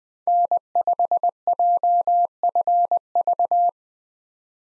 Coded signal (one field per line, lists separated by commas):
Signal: Morse code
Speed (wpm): 20 wpm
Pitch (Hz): 700 Hz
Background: none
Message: N5JFV